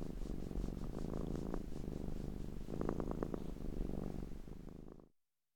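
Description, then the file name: Domestic cat giving a continuous low, pulsing purr that fades into silence near the end. Domestic cat purring while being petted. "Digiffects Sound Effects Library - Cat Purring and Being Petted"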